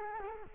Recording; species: mosquito wingbeat signal from an infrared sensor; Culex quinquefasciatus